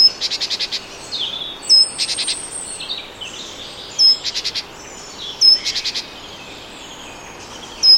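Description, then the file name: Great tit calling: thin high notes leading into rasping, churring bursts of four or five notes, given several times. "Parus major"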